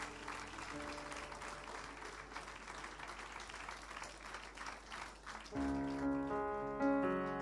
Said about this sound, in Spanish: De ese aplauso de alabanza al Señor. Aleluya.